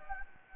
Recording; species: mosquito wingbeat signal from an infrared sensor; Anopheles gambiae